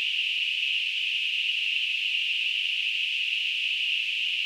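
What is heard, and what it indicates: Simulated tinnitus: a steady, unchanging band of high-pitched hissing noise centred around 2.5–3 kHz, with nothing in the low frequencies and an even level throughout.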